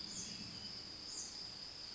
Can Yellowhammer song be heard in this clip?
no